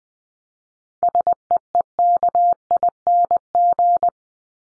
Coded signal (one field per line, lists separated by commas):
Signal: Morse code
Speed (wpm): 20 wpm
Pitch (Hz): 700 Hz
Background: none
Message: SEEKING